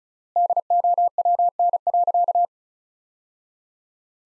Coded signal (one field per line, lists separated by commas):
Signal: Morse code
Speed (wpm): 34 wpm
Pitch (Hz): 700 Hz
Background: none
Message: DOWN.